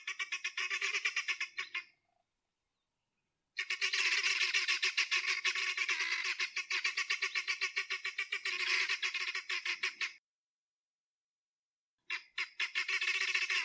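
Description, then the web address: Guineafowl rattling call, rapid harsh pulses in three bursts separated by short silent gaps. "aswat Dajaj Genia"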